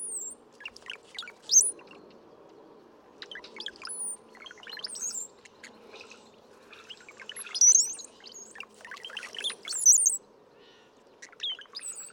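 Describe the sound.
Brown-headed cowbird song: scattered gurgling phrases with several sharp high squeaky whistles, repeated over about twelve seconds.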